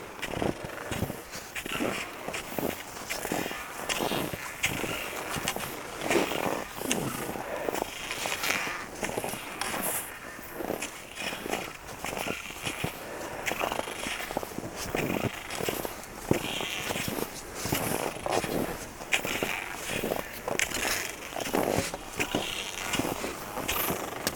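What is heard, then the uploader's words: Cross-country skiing on very cold snow: a steady run of dry, scraping swishes and crunches as skis and poles strike and glide in a regular rhythm. The strokes come about every half second, continuous throughout, with no other sounds around them. Ski de fond par moins trente. Cross country skiing by minus thirty. Near Cabano, QC, Canada.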